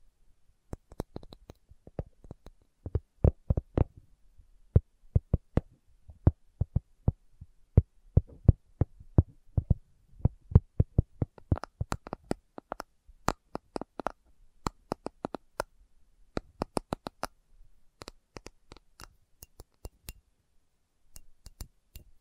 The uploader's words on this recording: ASMR Slow Tapping for Deep Sleep (No Talking).